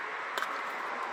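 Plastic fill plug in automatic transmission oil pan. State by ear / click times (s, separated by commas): released / 0.4 s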